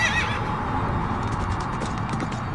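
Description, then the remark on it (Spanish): A ridden horse gives a short, high whinny at the start, followed by a steady, loud rumble of galloping hooves pounding rhythmically to the end, with no talking. “Marché de Backbone sin volver la vista atrás, galopando hasta hacer desfallecer a golpe de suerte.”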